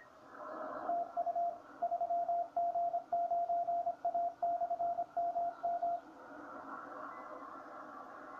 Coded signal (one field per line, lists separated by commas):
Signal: Morse code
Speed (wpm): 25 wpm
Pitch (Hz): 690 Hz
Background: radio noise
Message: TU 3G9A/MM